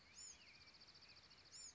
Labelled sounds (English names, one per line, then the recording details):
Bewick's Wren
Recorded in Sonoma County, California